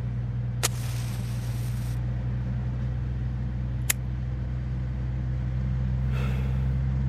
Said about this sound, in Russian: Вести машину по пригороду было легко